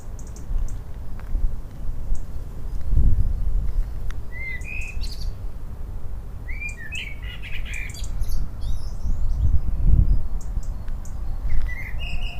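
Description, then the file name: Common blackbird song: low fluted warbling phrases, each ending in a thin squeaky twitter, repeated several times over a steady low rumble. "Turdus merula - Common Blackbird"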